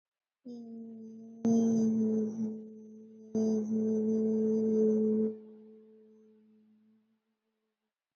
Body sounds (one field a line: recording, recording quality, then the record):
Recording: sustained vowel as in beet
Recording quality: excellent, no background noise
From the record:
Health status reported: COVID-19 positive, moderate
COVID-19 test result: positive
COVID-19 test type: RT-PCR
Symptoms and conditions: cough, sore throat, fever, muscle pain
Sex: female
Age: 30 years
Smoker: no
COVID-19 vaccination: both doses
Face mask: worn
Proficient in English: yes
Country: India